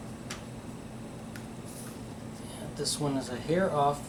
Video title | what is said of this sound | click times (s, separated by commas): Honda Civic Roof Molding (Drip Side Molding) Windshield Trim Replacement (2006-2011) | gently you'll hear them click in | 0.3 s, 1.4 s